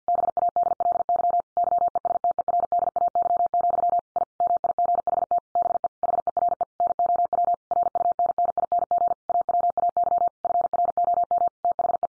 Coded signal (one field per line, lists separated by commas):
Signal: Morse code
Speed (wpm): 50 wpm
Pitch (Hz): 700 Hz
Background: none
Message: BADLY YESTERDAY, I MIGHT BE HERE NOW RUNNING AWAY FROM THE